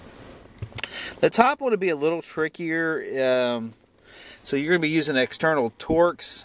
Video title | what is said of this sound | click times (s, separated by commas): Ignition Key Replacement and Re-Program For A Grand Prix | clicks into place | 0.8 s